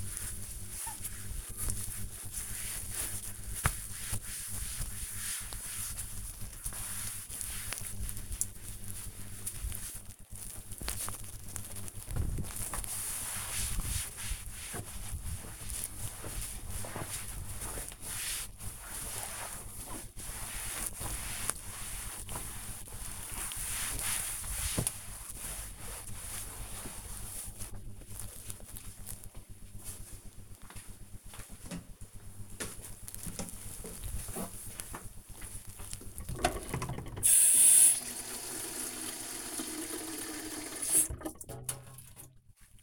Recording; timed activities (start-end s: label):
household activities, microphone on the right wrist
0.00-23.02 s: cleaning table
37.12-42.83 s: watering plant